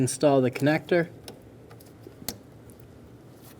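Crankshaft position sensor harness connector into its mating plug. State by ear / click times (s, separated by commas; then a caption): seated / 2.3 s. Someone talks while the plastic electrical connector of the crankshaft position sensor harness on a 2011-2014 Hyundai Sonata is pushed onto its mating plug. A single sharp click is heard at 2.3 seconds among a few faint ticks, and the connector is seated.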